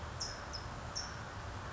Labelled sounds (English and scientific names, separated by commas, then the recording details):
California Towhee (Melozone crissalis)
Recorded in Sonoma County, California